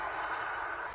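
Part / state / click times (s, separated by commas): wiring harness connector into car radio connector block / not seated / none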